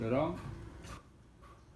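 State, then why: Not seated. Someone talks briefly while pushing a wiper blade's locking clip toward the hook of a Grand Vitara wiper arm, followed by faint handling and rubbing noises with quiet, breathy bursts near 0.9 s and 1.5 s. The blade has not yet seated on the arm, and no click has happened yet.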